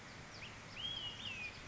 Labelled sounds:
Olive-sided Flycatcher

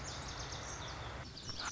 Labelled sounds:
Lazuli Bunting

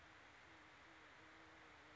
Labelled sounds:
Band-tailed Pigeon

